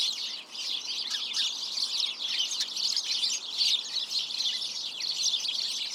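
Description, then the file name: House sparrows chirping as a group, a brief dip at the start then steady overlapping chatter. "Passer domesticus"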